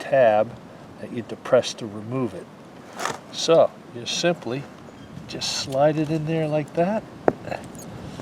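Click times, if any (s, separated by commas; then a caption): none. Someone talks while sliding a new windshield wiper blade onto the wiper arm's hook, handling the blade's plastic adapter, with a few brief sharp handling ticks near the end. The adapter has not yet snapped or locked in, and nothing has seated by the end of the clip.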